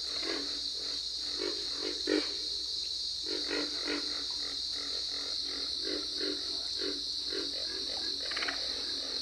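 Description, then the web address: Pig frog: overlapping piggish grunting from several frogs, irregular and fairly fast, set against a persistent high buzz. "Solitudes Frog Song. Pig Frog"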